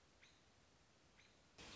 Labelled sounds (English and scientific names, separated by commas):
American Robin (Turdus migratorius)